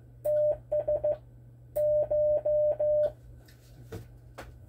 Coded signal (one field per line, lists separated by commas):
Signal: Morse code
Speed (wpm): 15 wpm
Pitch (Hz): 600 Hz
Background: none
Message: TS CH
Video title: learning morse code the beginning.